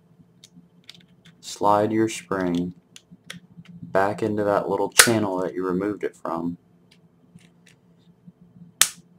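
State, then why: Seated. Someone talks while the metal magazine release spring is slid back into its little channel in the magazine release of a Glock 23 pistol lower receiver during disassembly and reassembly. Faint small ticks and handling sounds come between the words, then a sharp, loud click at 8.8 s as the spring seats in the channel, giving the magazine release full function.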